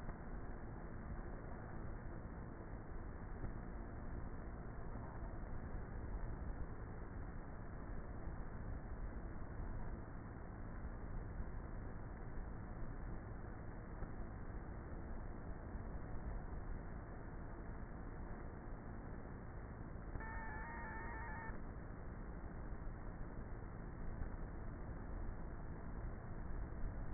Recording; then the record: honeybee colony, microphone inside the hive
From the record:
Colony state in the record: queenless with a low population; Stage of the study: before two queens were removed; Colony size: about 30,000 bees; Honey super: no